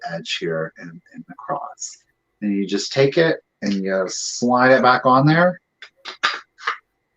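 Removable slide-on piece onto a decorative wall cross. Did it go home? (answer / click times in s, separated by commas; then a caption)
yes / 6.2 s. A removable slide-on piece is slid back onto a vintage decorative wall-hanging cross along its beveled edge while someone talks. Three short, sharp hits follow near the end. The loudest, at 6.2 s, is the piece locking into place.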